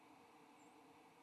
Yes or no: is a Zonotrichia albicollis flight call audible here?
yes